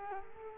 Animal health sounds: mosquito wingbeat signal from an infrared sensor; Culex quinquefasciatus

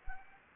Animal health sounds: mosquito wingbeat signal from an infrared sensor; Anopheles arabiensis

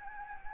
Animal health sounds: mosquito wingbeat signal from an infrared sensor; Anopheles gambiae

